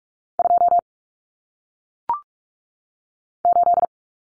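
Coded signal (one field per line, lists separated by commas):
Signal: Morse code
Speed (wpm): 44 wpm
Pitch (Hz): 700 Hz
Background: none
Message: 2 8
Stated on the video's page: Head-copy drill of common single-digit cut numbers at 45 wpm, with T, A, N for 0, 1, 9, each sent in Morse, spoken, then sent again.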